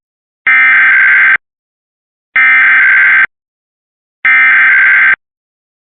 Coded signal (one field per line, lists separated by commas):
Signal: Emergency Alert System (SAME) tones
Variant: header bursts